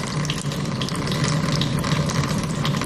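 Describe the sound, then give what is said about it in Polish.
Natural mineral water runs in a steady, unbroken stream, a loud hissing splash like a tap pouring constantly in a pump room, with no voices over it. “A my znajdujemy się już przy wodzie, tak cennej, jak pani powiedziała.”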